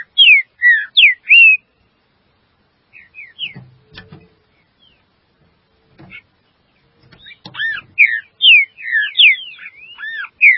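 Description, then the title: Green-winged saltator giving rich slurred whistles, a short burst, a quiet gap with faint knocks, then a longer fast run of falling and arched notes. "Trinca Ferro"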